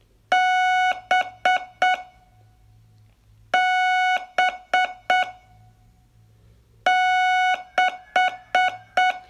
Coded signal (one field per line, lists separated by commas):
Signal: Morse code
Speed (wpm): 7 wpm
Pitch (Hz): 740 Hz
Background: none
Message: B B 6